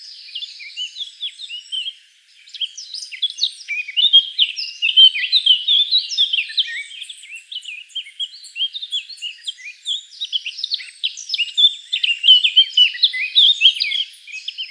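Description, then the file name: Eurasian blackcap giving a long, hurried warble of varied high chirps and twitters, briefly pausing around two seconds, then chattering on steadily to the end. "Sylvia atricapilla"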